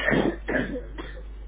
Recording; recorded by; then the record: voluntary cough; telephone call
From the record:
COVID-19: positive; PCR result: checked with the laboratory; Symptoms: yes